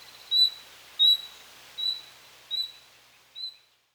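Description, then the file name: Common nightingale uttering five thin, level whistled notes, one roughly every three-quarters of a second, the last ones softer. "Luscinia megarhynchos"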